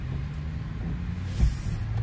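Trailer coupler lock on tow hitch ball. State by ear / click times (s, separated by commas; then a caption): not seated / none. A trailer's hitch coupler lock is handled on the metal hitch ball while the trailer is hitched to a Tesla Model X tow vehicle. A steady low rumble runs throughout, with a single faint hit near 1.4 s. Nothing has seated or clicked into place yet.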